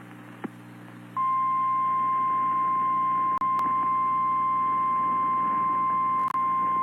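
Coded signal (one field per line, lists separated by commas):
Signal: Emergency Alert System (SAME) tones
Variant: 1050 Hz attention tone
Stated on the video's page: Received via an FM broadcast station.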